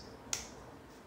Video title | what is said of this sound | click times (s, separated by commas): Team Associated B6.3 Build Part 7 Bag 6 page 10 11 Part 4 5 6 Complete transmission slipper assembly | so grab one of these friction pads and then these friction pads should just click in place | 0.3 s